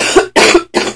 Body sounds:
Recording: coughing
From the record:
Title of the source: 61 morning phlegmy cough...again

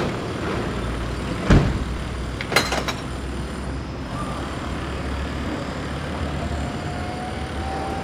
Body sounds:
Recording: background sound without coughing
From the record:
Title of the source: 30 MINUTES Construction Site Ambience (CC BY 4.0)

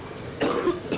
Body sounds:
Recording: coughing mixed with background sound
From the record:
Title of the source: Coughing 77

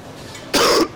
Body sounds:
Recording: coughing mixed with background sound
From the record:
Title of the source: Coughing 60

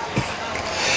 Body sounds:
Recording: coughing mixed with background sound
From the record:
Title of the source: Dry Afternoon Cough

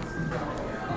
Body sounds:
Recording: background sound without coughing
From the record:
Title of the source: 60 minutes of coffee shop sounds for study and concentration

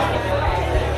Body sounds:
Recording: background sound without coughing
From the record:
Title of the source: CITY SOUNDS Busy Bar in the Evening Night - 2 HOURS of Ambiance for Relaxation

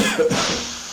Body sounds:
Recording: coughing mixed with background sound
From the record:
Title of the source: Spring Cold Coughing.

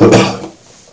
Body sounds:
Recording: coughing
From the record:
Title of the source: Cough Around the Clock!

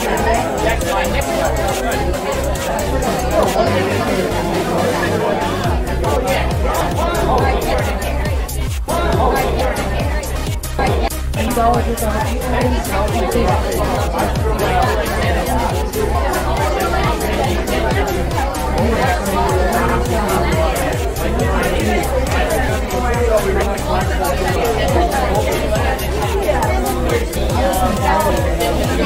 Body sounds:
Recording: background sound without coughing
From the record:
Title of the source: Nightlife Party Simulating Party Club Noise 1 Hour

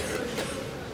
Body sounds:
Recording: coughing mixed with background sound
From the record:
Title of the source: 30 Chesty and wet cough

